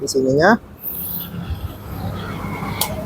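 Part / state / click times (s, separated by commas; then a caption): motor scooter seat latch releasing the seat / released / 2.8 s. Someone talks briefly as the seat-release button is pressed on a Vario 160 motor scooter whose seat hinge/latch has been replaced, with the seat locked again beforehand. The latch gives a sharp click at 2.8 s and the seat opens, whereas before the replacement it stayed locked.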